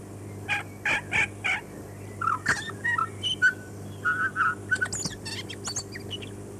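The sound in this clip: Chatham Island tui song: a run of four bright, ringing whistles, then varied liquid notes, clicks and high squeaky phrases, over a steady low hum.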